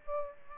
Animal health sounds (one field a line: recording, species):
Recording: mosquito wingbeat signal from an infrared sensor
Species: Aedes aegypti